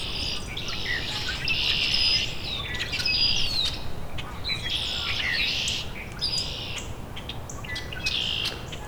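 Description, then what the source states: Rusty blackbird song: squeaky, creaking high notes in repeated bursts, over a constant background hiss. Male with yellow eyes, singing in dogwood from exactly where he landed before.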